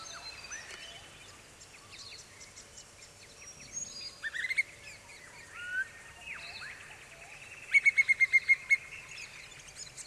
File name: Pallid cuckoo